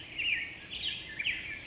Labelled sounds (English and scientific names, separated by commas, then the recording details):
Black-headed Grosbeak (Pheucticus melanocephalus)
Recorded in Sonoma County, California